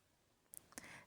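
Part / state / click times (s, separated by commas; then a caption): locking lid or seal on a food storage container / seated / 0.6 s, 0.8 s. An airtight food storage container or bag holding frozen tomato prep is closed, its locking lid or seal snapping shut with short, sharp clicks at 0.6 s and 0.8 s. The locked seal keeps anything from coming out and air from getting in.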